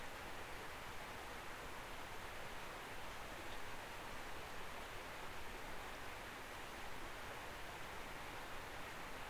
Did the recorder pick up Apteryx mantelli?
no